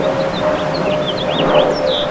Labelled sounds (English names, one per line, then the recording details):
House Finch song
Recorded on Long Island, New York, on 2 June 2012
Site CP
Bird D